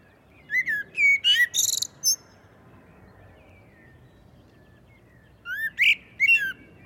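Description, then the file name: Common blackbird song: a fluted warble with a high, scratchy twitter, then about three seconds of silence and another short whistled phrase. "Turdus merula"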